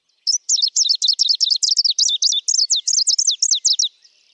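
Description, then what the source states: Greenish warbler song: a hurried, rhythmic run of many high, squeaky notes, lasting about three and a half seconds. Song serves to attract a female; ringing whistled notes often repeated twice in a row; compared to a finger rubbing glass and to a football chant for its hurried rhythm.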